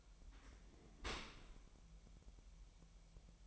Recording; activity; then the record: daily activity, microphone in the room; open dishwasher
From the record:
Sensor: 1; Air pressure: 1000.5 hPa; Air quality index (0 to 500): 248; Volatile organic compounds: 142 ppm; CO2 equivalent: 3987 ppm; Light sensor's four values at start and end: 11/27/11/12 and 11/27/11/12